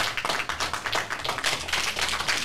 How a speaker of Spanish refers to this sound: Los aplausos son para ustedes mismos porque se lo merecen, señoras y señores.